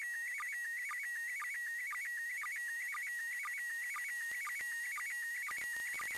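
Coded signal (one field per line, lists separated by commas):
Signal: SSTV (slow-scan television)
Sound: warbling tone around 2 kHz with regular short low sync blips, some clicks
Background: radio static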